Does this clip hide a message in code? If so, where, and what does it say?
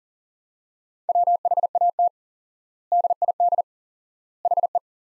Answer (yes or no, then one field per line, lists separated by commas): yes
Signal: Morse code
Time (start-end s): 1.1-4.8 s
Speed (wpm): 40 wpm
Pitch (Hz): 700 Hz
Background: none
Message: WHAT DID HE